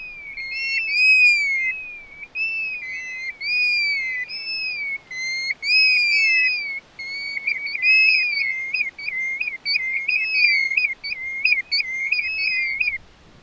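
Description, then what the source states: European golden plover calls: clear, mournful whistled notes, falling and rising, repeated in overlapping series from several birds, with soft background noise. Described as a very beautiful sound.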